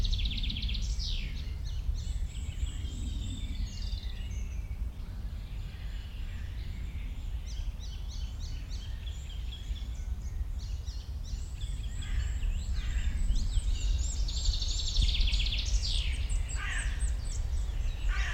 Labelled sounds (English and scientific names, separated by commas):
Hooded Crow (Corvus cornix) call